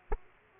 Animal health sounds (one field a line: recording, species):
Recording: mosquito wingbeat signal from an infrared sensor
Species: Aedes aegypti